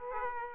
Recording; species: mosquito wingbeat signal from an infrared sensor; Aedes aegypti